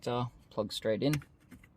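The wiring connector for the boot button on a 2021 Tesla Model 3 is handled and pushed toward its mating socket behind the car's trim shroud while someone talks. Faint handling ticks sound near the end, but nothing has seated or clicked yet.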